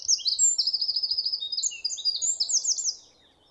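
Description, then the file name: Eurasian wren singing a fast, high, ringing series of trills and sharp notes lasting about three seconds before stopping. "Troglodytes troglodytes"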